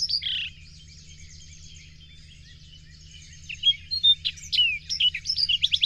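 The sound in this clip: Bird song: a loud whistled phrase opens, soft twittering follows, then rapid varied chirps and trills return strongly in the final two seconds over a low steady hum.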